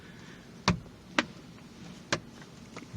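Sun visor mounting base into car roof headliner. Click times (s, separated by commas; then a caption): 0.7 s, 1.2 s, 2.1 s. A sun visor mounting base on a 2008–2017 Honda Accord is pushed into the roof headliner and twisted until it locks in place. Three sharp clicks are heard at 0.7, 1.2 and 2.1 seconds over a quiet background. The base ends up seated and locked firmly.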